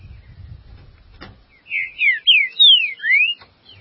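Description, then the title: Green-winged saltator song: after a low rumble, five loud, clear whistled slurs in a quick run, mostly falling, the last one rising. "Trinca Ferro"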